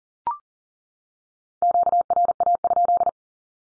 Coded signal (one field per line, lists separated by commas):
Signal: Morse code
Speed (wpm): 37 wpm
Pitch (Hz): 700 Hz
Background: none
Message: QRA?